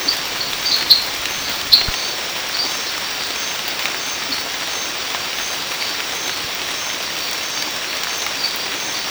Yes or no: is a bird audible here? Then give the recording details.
no. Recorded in dense forest near Puerto Asís, Putumayo, Colombia, on 19 March 2025 at 23:00. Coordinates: 0.500, -76.322. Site GP06